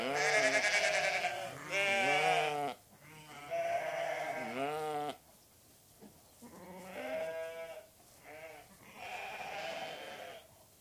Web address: BBC Sheep. restless sheep in shed with distant birds